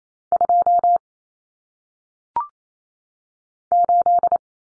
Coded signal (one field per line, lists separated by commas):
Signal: Morse code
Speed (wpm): 28 wpm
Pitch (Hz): 700 Hz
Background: none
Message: 2 8